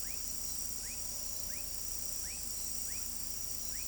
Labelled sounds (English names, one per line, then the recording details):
none
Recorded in pastures near Pivijay, Magdalena, Colombia, on 4 June 2023 at 01:00
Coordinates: 10.456, -74.369
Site P6-G026